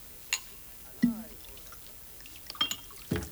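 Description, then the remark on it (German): A few sharp clinks of glass, then a short gurgling pour of cognac into two glasses with a rising tone, followed by more light knocks and a soft thud, with no talking. “Also, ich meine, wo wir uns nun schon mal aussprechen, ich würde Ihnen ja gern ein Schnäpschen anbieten. Cognac, hm?”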